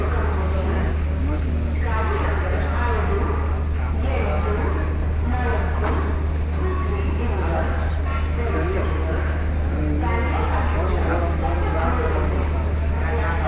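A busy railway station at Bangalore City, with constant overlapping chatter from many voices over a steady low rumble throughout.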